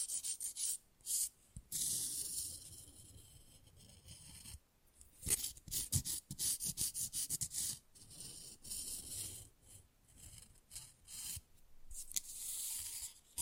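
Rough nail filing in quick, scratchy strokes, a bright rasping hiss that comes in bursts separated by short silences. The strokes are irregular, sometimes rapid and choppy, sometimes longer, with a few sharp clicks between them, through all thirteen seconds.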